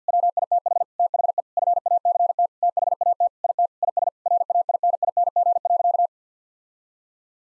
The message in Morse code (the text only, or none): WITH THE FACT THAT IT IS RAINING.